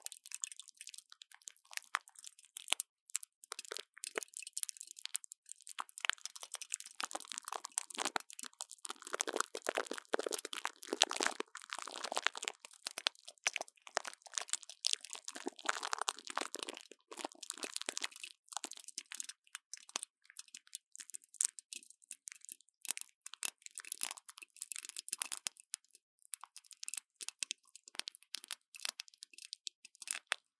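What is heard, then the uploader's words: Plastic wrap being crinkled and crumpled in a dense, continuous run of sharp, bright crackles with almost no pauses. The handling swells into fuller, louder bunches around ten and sixteen seconds, then thins to sparser, snappier crackles toward the end. Brain Tingling Mic Brushing | Plastic Wrap | NoTalking.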